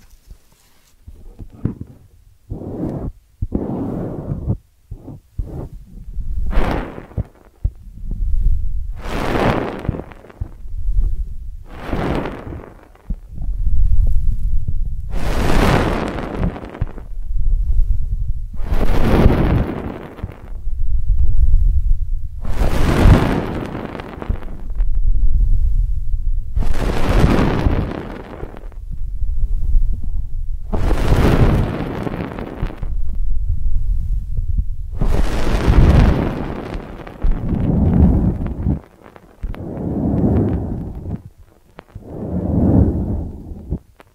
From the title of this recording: Ear Cleaning Triggers